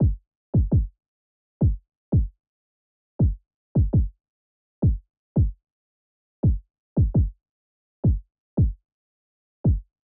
Heartbeat 3 4 112bpm.